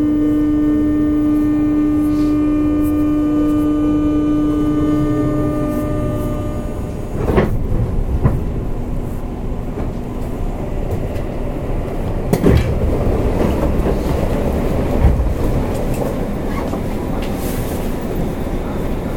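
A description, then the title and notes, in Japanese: A commuter train runs along the line, first with a steady electric motor whine holding a low tone for about seven seconds. Then the whine drops away and a dense rolling rumble takes over, with rail joints clacking sharply around 7, 12.5 and 15 seconds. JR西日本 201系 大和路線 久宝寺からJR難波まで。JR西日本２０１系電車の走行音です。大和路線の普通電車で録音しました。It is the running sound of JR West 201 train.I recorded on the Yamatoji line's local train.The section is from Kyuhoji to JR Nammba.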